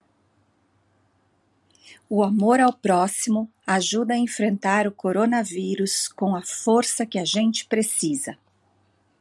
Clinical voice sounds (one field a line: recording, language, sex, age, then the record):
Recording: spoken sentence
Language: Brazilian Portuguese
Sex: female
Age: 40 to 49 years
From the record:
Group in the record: control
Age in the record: 46 years